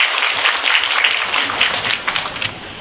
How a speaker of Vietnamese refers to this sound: Cảm ơn một sự đóng góp của một nữ Phật tử trẻ, xin vỗ tay cho cô một tràng pháo tay.